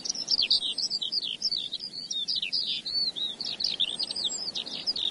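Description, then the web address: Eurasian skylark giving a fast, chattering run of high twittered notes and brief trills, steady throughout, set against a noticeable broad background hiss. "earth naturelibrary assets s sk skylark"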